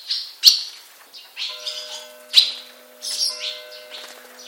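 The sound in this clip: Bird chirps: sharp high notes and short rough bursts about every second, later joined by a steady low electrical hum.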